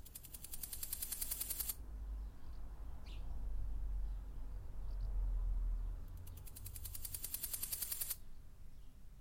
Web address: heuschrecken kleine. goldschrecke